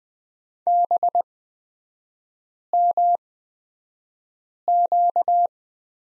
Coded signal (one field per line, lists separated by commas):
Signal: Morse code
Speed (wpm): 20 wpm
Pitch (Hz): 700 Hz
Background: none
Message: BMQ